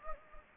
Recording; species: mosquito wingbeat signal from an infrared sensor; Anopheles gambiae